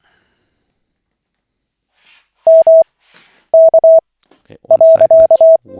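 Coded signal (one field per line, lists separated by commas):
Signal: Morse code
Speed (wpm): 24 wpm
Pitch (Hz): 650 Hz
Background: none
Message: M K .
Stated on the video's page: Koch-method Morse practice at lesson 14 of 40, five-minute session from the LCWO website.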